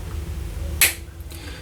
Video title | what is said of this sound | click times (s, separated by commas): Kaweco Perkeo All Black Fountain Pen Review | and it has a very satisfying click. | 0.8 s